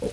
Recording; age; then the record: pig call; piglet (1 to 25 days)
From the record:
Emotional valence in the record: positive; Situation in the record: after nursing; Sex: male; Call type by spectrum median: low-frequency call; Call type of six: low-frequency stable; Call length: 0.13 s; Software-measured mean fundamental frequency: 51 Hz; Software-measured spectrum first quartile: 330 Hz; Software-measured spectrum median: 494 Hz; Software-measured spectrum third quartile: 1078 Hz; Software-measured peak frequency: 459 Hz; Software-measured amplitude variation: 137 dB a second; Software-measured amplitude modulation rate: 11.5 a second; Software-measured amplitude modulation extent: 11.9 dB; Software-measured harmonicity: 5.9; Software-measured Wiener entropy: -1.55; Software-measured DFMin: 955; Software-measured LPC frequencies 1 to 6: 480, 2535, 4002, 5380, 6319, 7181 Hz